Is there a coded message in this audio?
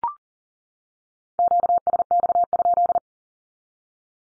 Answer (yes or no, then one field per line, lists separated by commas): yes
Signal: Morse code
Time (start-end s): 1.4-3.0 s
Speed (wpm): 40 wpm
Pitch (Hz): 700 Hz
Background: none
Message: QSX?